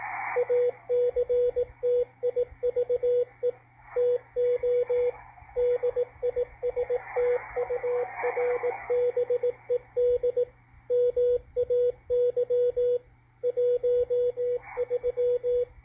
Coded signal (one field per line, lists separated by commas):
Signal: Morse code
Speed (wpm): 18 wpm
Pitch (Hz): 490 Hz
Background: radio noise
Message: ACTIVE TO DISTURBED MAY 13